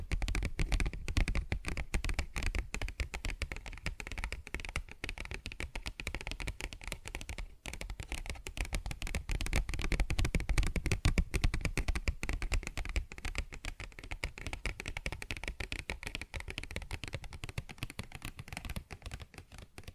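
Paper bag tapped and scratched in a dense, continuous stream of quick crinkly taps, fairly steady throughout with a brief dip near seven seconds.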